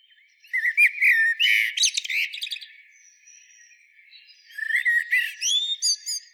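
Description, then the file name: Common blackbird singing two bursts of rich whistled phrases with squeaky high twittered endings, separated by a pause of about two seconds. "Turdus merula"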